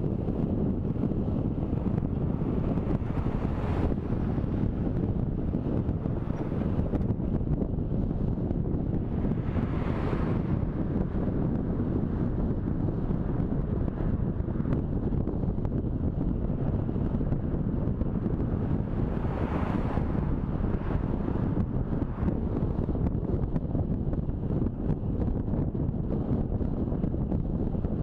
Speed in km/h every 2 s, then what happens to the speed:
25, 26, 27, 28, 29, 31, 33, 33, 35, 35, 36, 36, 36, 37.
0-15 speeds up to 35. 15-28 steady at about 36.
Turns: none.